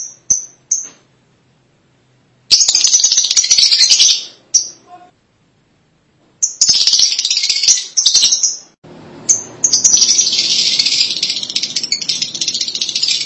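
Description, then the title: Lovebird chattering: harsh, shrill high-pitched bursts lasting a second or more, broken by silent gaps. "BM Suara Burung Lovebird"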